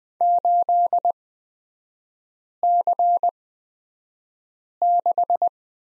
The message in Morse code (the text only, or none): 8C6